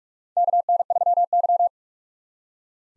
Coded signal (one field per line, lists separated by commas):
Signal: Morse code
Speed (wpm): 47 wpm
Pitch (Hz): 700 Hz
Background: none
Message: KN3Y